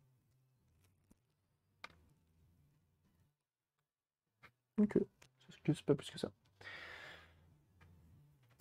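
A plastic shell is pressed onto the chassis of an Asus TUF FX505 laptop (GTX 1050, i5-8300H) during reassembly and gives one sharp knock at 1.8 s. The shell seats but clips in only weakly, and afterward someone talks and sighs.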